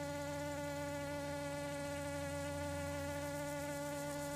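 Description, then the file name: Common drone fly hovering buzz, a constant low hum with stacked harmonic tones that stay unchanged in pitch and loudness for the whole stretch. "Eristalis tenax - hovering"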